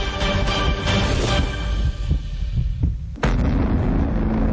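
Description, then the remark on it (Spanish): A low, throbbing heartbeat sound effect in a Radio del Sur promo for channel 106 on Cantv satellite pulses beneath a dense humming bed, the thumps steady and muffled, with a brief dip in the texture before it swells back up. “Marca en tu lista de canales de radio el canal 106 y descubre la Radio del Sur, porque en tu Cantv satelital también suenan los latidos de la patria grande.”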